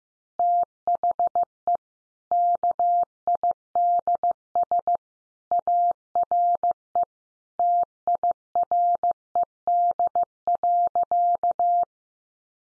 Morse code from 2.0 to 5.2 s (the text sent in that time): KIDS